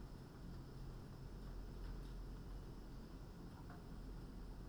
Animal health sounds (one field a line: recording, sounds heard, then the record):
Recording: poultry house recording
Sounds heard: no chicken sound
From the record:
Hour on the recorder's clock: 21